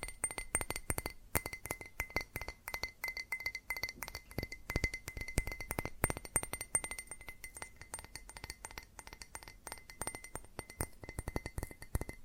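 Fast, dense tapping on glass and ceramic objects, a stream of sharp clinks with no pauses across the twelve seconds. A bright ringing tone hangs over much of it, fading and returning, while the taps vary slightly in loudness throughout.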